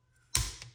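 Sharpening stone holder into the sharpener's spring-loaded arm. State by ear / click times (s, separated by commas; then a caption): seated / 0.4 s. A sharpening stone on its dovetailed holder is slid into the spring-loaded arm of a Tsprof KO3 Pro knife sharpening system. After a quiet start, it seats with a single sharp snap at 0.4 s, followed by a fainter tick at 0.6 s as the sound decays. The holder is snapped in place.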